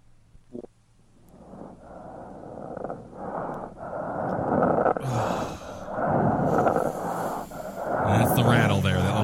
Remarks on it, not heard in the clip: Sometimes crackles are produced by the accumulation of secretions in the airway. When the secretions are profuse, the crackles can be heard over the mouth as well as over the chest wall, a sign known to ancient physicians as the death rattle. You will now hear a death rattle in a dying patient over the mouth.